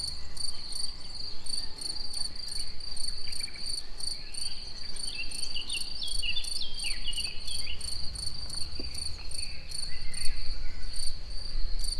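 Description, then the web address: Cricket song, a steady high-pitched trill with a pulsing shimmer above it, running throughout, while birds whistle and chirp in the background. Recorded in nature at Egér tourist house; birds also heard. "tucsok. madarakis egerturistahaz"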